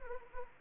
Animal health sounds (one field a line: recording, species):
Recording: mosquito wingbeat signal from an infrared sensor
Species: Anopheles arabiensis